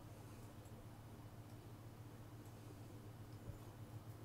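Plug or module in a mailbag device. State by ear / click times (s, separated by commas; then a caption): not seated / none. A plug or module in a mailbag device that did nothing when powered is being handled and pulled back after being pushed in too far. A steady low hum with faint scattered ticks and a soft bump near 3.5 s is heard. Nothing has seated or clicked yet.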